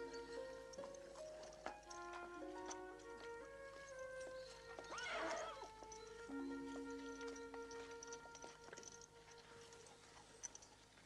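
A war horse whinnies once around the middle at night, a wavering high neigh, while scattered hoof clops and shuffling steps sound throughout over a steady background of sustained musical tones.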